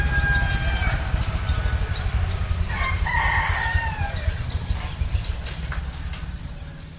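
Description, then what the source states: Rooster crowing, one crow of roughly two seconds midway, over a constant heavy hum of traffic. Roosters in a village at Pitulu, Indonesia, with traffic in the background.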